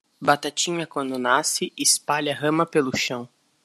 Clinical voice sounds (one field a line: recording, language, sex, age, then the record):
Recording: short text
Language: Brazilian Portuguese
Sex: male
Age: 20 to 29 years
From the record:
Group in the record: control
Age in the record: 21 years